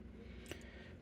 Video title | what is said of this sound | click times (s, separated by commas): Chuck's Reviews Transformers Walmart G1 Retro Seaspray | and it'll snap in place and cover the robot mode head. | 0.5 s